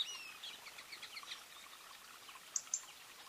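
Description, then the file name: European robin uttering a quick pair of sharp, high ticks near the end, over a busy background of faint twittering birdsong. "Erithacus rubecula"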